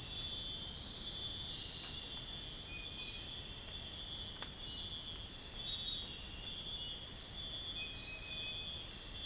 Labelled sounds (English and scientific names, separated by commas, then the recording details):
none
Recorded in pastures near Puerto Asís, Putumayo, Colombia, on 21 March 2025 at 05:30
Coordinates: 0.502, -76.324
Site GP07